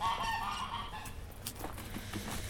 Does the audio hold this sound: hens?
yes